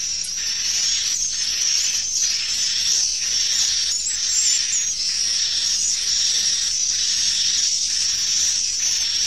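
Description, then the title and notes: Swiftlet chirping calls, a dense, steady high-pitched twittering that hardly pauses, with soft pulses in it. Swiftlet calls used in swiftlet bird farming in Asia. "Swiflet Bird Sound. Farming Swiflet Bird asia sound"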